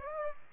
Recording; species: mosquito wingbeat signal from an infrared sensor; Aedes aegypti